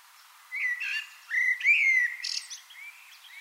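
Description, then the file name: Common blackbird song in short bursts: fluty, slightly wavering whistles with a sharp high squeak in between. "Turdus merula"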